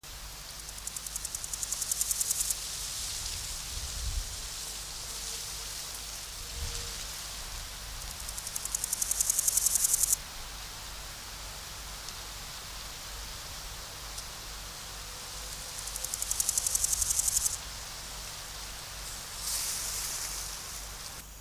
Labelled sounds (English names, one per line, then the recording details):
Large Gold Grasshopper stridulation
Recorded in the wild
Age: imago
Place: Summt, am Buchenberg, Brandenburg, DE
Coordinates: 52.695, 13.3594
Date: 1999-06-20 15:10
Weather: heiter, 22 - 24°C
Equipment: Sony WM-D6C, Sennheiser MKH 416 T, Kopie Uher 4000 Report Monitor
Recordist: Tembrock, Günter